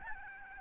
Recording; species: mosquito wingbeat signal from an infrared sensor; Aedes albopictus